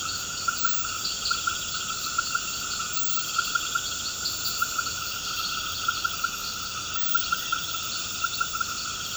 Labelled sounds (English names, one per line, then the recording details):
none
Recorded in pastures near Puerto Asís, Putumayo, Colombia, on 21 March 2025 at 19:00
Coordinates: 0.472, -76.329
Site G074